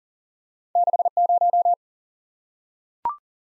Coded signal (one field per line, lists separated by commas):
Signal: Morse code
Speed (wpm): 43 wpm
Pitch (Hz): 700 Hz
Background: none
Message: 6 0